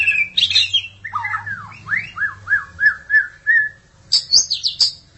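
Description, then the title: Magpie-robin or shama song: a rapid run of clear slurred whistles, framed by higher warbled notes. "BM Suara Burung Murai"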